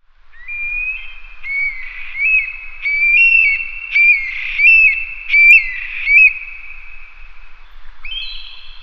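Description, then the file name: Eurasian stone-curlew giving shrill, wailing whistles, a sustained high note broken by rising, clipped phrases, ending with a brief higher whistle. "Burhinus oedicnemus"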